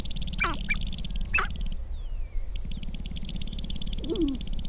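Sharp-tailed grouse giving a few quick, bent cackling notes, then a low hooting call near the end, over a constant low hum; a thin descending whistle is also heard.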